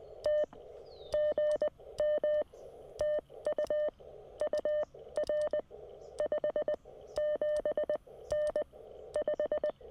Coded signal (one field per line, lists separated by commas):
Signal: Morse code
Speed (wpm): 20 wpm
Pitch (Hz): 590 Hz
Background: none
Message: T GM TU UR 57N 5